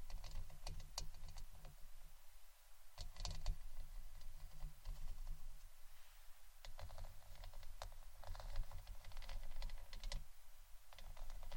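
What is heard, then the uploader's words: Scratching and brushing goes on throughout, a busy run of quick, clicky strokes and taps over a steady low hum, with denser bursts near three and ten seconds. ASMR Scratching & Brushing Blue Yeti Mic （No Talking）.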